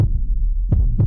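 Deep, muffled thumps of an adult heartbeat repeat over a steady low hum, a dramatized heartbeat sound effect in a radio advertisement.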